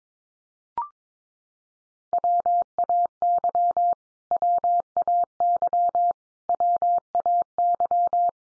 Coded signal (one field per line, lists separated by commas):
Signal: Morse code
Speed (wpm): 22 wpm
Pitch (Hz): 700 Hz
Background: none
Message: WAY WAY WAY